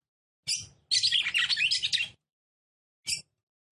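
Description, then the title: Red-cowled cardinal song: a sharp high chirp, then a rapid, chattering warble of about a second, and a final short chirp after a pause. Female song, described as excited, used to stir up and provoke male red-cowled cardinals. "CANTO DA FÊ MEA GALO CAMPINA FOGOSA LEVANTA FOGOESQUENTA GALO CAMPINA MACHO RAPIDINHO FÊ MEA NERVOSA"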